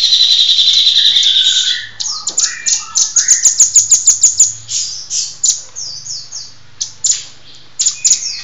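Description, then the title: Songbird singing: a long sustained high trill, then lower whistled notes and fast repeated high chips. Used to train songbirds. "Master Burung Kicau"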